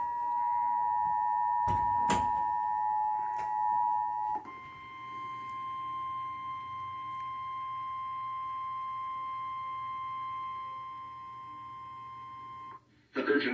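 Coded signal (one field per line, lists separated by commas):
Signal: Emergency Alert System (SAME) tones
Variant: 853 and 960 Hz attention tone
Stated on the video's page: Real tornado warning EAS alert received over cable TV service during a line of storms.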